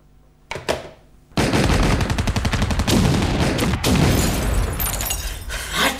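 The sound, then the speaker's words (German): A couple of sharp shots ring out, then sustained heavy gunfire erupts in a loud, rapid, continuous barrage with crackling bursts and debris-like clatter, no voices. “Erst bauen die uns zusammen und hinterher steht in der Zeitung, das Gebäude war dem Beschuss nicht gewachsen.”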